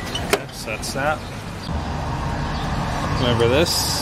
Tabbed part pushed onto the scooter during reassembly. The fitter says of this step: the truth is just really gotta like get it in there and just push down really hard and it'll snap into place make sure the tabs are lined up okay so